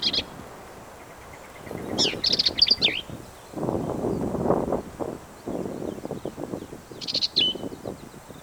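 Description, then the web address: Black-capped vireo song: three bursts of quick, jumbled high phrases, some buzzy and some sharp, separated by pauses, over loud low rumbling noise. "birds vireos"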